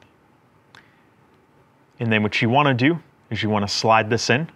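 A GoPro Hero 11 action camera's folding mounting fingers are being slid into a mounting buckle with its rubber retainer lifted up. After a quiet stretch with a faint tick near 0.8 s, someone talks from about 2.0 s to the end. Nothing has seated or clicked into place yet.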